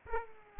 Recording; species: mosquito wingbeat signal from an infrared sensor; Aedes aegypti